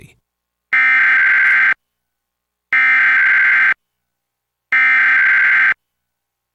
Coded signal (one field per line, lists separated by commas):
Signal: Emergency Alert System (SAME) tones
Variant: header bursts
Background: speech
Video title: EAS #667-668: 2 EAS Required Monthly Tests- Aug. 5, 2022- 12:15AM PDT